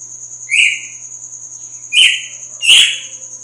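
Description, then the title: Red-cowled cardinal singing three bright, slurred whistled notes, each with a quick downward sweep, spaced irregularly, while a constant shrill hum runs underneath. Female; sings strongly at dawn after the moult. "Canto Galo Campina Fêmea. GALO DE CAMPINA AÇOITA FORTE NA MADRUGADA DEPOIS DA MUDA"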